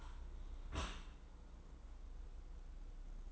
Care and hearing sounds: daily activity, microphone in the room; close dishwasher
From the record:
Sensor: 3

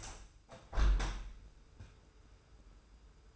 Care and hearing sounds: daily activity, microphone in the room; open window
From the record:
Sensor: 2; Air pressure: 991.2 hPa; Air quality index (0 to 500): 138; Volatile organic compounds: 227 ppm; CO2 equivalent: 4297 ppm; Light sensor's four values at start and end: 38/109/43/41 and 37/108/43/41

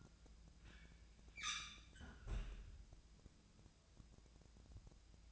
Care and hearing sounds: daily activity, microphone in the room; close fridge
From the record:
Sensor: 2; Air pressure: 999.9 hPa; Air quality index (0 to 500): 125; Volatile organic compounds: 2 ppm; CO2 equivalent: 1072 ppm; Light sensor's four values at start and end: 32/80/34/38 and 32/80/34/38

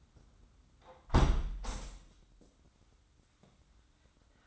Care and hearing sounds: daily activity, microphone in the room; close window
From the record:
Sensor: 3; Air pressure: 994.3 hPa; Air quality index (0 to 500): 206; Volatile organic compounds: 1000 ppm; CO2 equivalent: 6883 ppm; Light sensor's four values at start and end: 92/218/87/80 and 89/213/85/78

